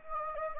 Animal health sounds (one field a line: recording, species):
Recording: mosquito wingbeat signal from an infrared sensor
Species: Anopheles gambiae